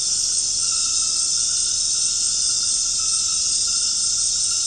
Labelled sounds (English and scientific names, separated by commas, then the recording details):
none
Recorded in secondary vegetation near Puerto Asís, Putumayo, Colombia, on 13 March 2025 at 20:00
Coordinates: 0.502, -76.326
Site G100